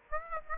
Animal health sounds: mosquito wingbeat signal from an infrared sensor; Aedes aegypti

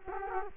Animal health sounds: mosquito wingbeat signal from an infrared sensor; Culex quinquefasciatus

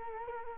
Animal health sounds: mosquito wingbeat signal from an infrared sensor; Culex quinquefasciatus

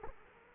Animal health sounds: mosquito wingbeat signal from an infrared sensor; Culex quinquefasciatus

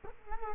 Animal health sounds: mosquito wingbeat signal from an infrared sensor; Culex quinquefasciatus

